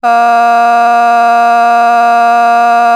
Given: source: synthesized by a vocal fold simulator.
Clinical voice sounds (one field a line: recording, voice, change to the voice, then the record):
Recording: sustained vowel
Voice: female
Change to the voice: vocal strain, level 6 of 10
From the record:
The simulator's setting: 0.56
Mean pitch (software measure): 235 Hz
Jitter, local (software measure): 0.53%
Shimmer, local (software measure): 3.1%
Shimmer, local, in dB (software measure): 0.26 dB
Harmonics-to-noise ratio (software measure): 24.4 dB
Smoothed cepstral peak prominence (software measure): 20.7 dB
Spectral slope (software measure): -17.9 dB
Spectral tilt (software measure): -7.5 dB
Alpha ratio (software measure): -8.4 dB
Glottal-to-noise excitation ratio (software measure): 0.984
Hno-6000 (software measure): 2.0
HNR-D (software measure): 43.6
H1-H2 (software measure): -0.3 dB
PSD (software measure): 3.3e-05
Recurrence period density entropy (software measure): 0.118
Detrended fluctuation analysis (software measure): 0.0105